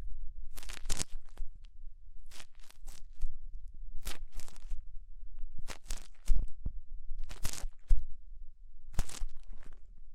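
Ear cleaning with rhinestone and clay removal: short bursts of crinkly, tearing scrapes come in irregular clusters roughly every second or two. Each burst is bright and sharp, with near-silent gaps between and a faint low rumble underneath.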